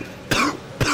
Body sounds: coughing mixed with background sound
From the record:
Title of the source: Coughing 46

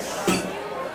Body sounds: coughing mixed with background sound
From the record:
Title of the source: Residual Phlegmy Morning Coughing and Gagging

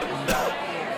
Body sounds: coughing mixed with background sound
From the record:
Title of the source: Coughing 51

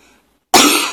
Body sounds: coughing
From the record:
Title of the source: 64 coughing, allergies, singing lungs

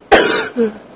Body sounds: coughing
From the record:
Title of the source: 31 night wet cough

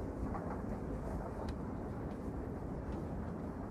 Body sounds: background sound without coughing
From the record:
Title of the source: Train Ride Ambience ambient white noise for sleeping, focus, studying, reading

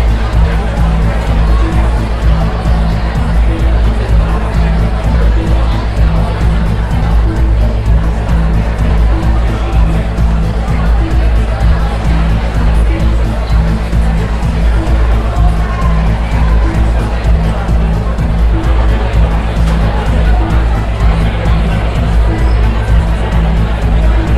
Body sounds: background sound without coughing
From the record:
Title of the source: Party Noise 1 Hour Party Ambience

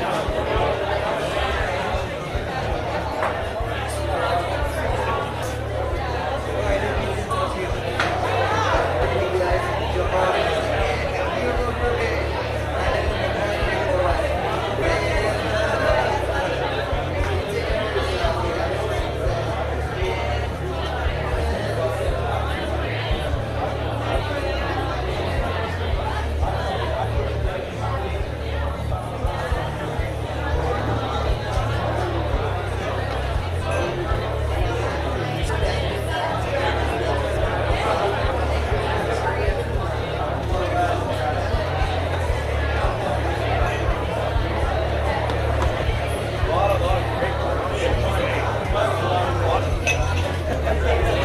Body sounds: background sound without coughing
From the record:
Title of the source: CITY SOUNDS Busy Bar in the Evening Night - 2 HOURS of Ambiance for Relaxation

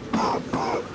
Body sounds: coughing mixed with background sound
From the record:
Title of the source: Coughing 77

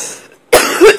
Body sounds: coughing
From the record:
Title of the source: 34 coughing up crap again

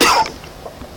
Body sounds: coughing mixed with background sound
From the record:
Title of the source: Coughing 60

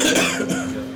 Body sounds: coughing mixed with background sound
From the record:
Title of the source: Spring Cold Coughing.

